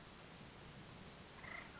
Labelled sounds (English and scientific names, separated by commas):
Acorn Woodpecker (Melanerpes formicivorus)